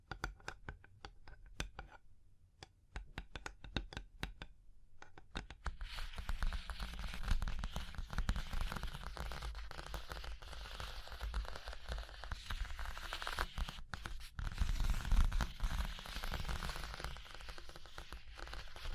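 Fingers tap on a surface in quick, separate knocks through the first five seconds, with a short pause near two and a half seconds. From about six seconds on, a dense, steady rasp of scratching and tracing takes over, rough and bright, with brief swells around ten and fifteen seconds.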